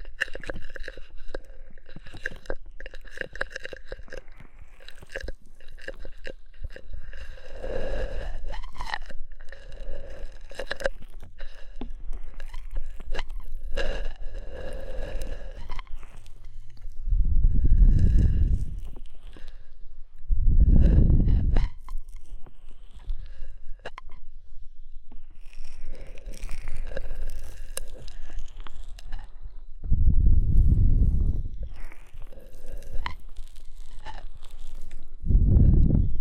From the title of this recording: Oil, Foam and Tingly Ear Massage